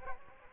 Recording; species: mosquito wingbeat signal from an infrared sensor; Culex quinquefasciatus